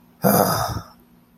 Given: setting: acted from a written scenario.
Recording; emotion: vocal sound without words; anger